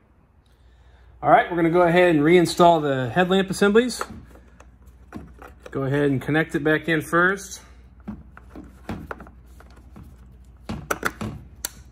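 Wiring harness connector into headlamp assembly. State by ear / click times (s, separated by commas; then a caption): seated / 11.7 s. While putting a Fiat 500 Abarth back together after a front mount intercooler install, the plastic wiring harness connector is plugged back into the headlamp assembly as it is reinstalled. Someone talks, then there are light handling clicks and taps before a sharp snap at 11.7 s as the connector seats.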